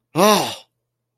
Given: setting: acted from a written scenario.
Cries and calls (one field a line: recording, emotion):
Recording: vocal sound without words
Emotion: negative surprise